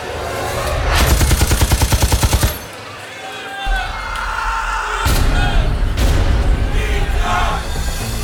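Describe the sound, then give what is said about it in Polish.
A rapid burst of automatic gunfire, roughly a dozen sharp, evenly spaced shots in under two seconds, followed by loud rumbling, booming battle noise that continues to the end. “The bass of the bombs dropping. The trebles of gunfire.”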